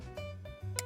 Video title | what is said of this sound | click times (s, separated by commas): 스미스 쉬프트맥 스플릿 고글도수클립 씬라이트 사용법 (렌즈교체법/코받침교체법) How to change SMITH ShiftMAG Split lenses, thinlight | 이렇게 딸깍 소리가 나게 고정을 시켜주세요. | 0.8 s